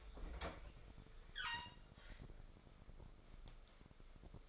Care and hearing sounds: daily activity, microphone in the room; open fridge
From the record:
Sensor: 5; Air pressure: 1015.0 hPa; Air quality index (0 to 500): 190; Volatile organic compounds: 8 ppm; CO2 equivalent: 2086 ppm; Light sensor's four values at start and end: 90/208/91/101 and 93/213/94/105

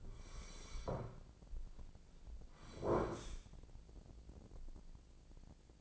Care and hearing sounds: daily activity, microphone in the room; sit down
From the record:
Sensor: 5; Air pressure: 1009.4 hPa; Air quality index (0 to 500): 156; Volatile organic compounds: 2 ppm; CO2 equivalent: 1197 ppm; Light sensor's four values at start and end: 279/671/283/309 and 279/672/283/309

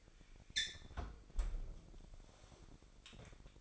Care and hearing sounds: daily activity, microphone in the room; close fridge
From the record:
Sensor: 5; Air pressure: 1002.0 hPa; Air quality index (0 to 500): 212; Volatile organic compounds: 22 ppm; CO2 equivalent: 2754 ppm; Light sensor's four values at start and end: 10/24/10/11 and 10/23/9/10

